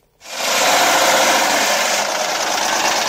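A Fiat 500 car engine starts up after a brief silence and settles into a steady, buzzy rumble with a rough, slightly rattling texture that holds loud and even to the end.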